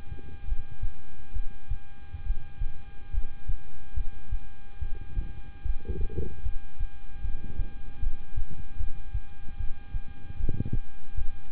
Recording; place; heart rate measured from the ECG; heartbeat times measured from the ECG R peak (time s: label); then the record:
heart sounds by stethoscope; between the tricuspid and mitral areas; 73 bpm
0.45 s: heartbeat
1.33 s: heartbeat
2.24 s: heartbeat
3.11 s: heartbeat
3.94 s: heartbeat
4.79 s: heartbeat
5.62 s: heartbeat
6.43 s: heartbeat
7.22 s: heartbeat
8.00 s: heartbeat
8.77 s: heartbeat
9.57 s: heartbeat
10.37 s: heartbeat
11.15 s: heartbeat
From the record:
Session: rest, lying down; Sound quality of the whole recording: good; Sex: male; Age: 26 years